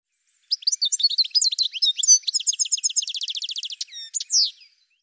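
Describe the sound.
Bird calls in a fast, varied chattering series of high chirps and buzzy notes, ending in a run of rapid repeated ticking notes and a final sweep.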